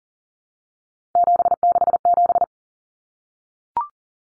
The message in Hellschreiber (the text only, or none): none